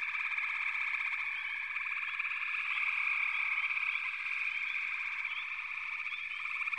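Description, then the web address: Dense frog chorus, steady buzzy trilling with many small rising chirps overlapping throughout, volume fairly even. "Sounds of Nature Collection. Froggies"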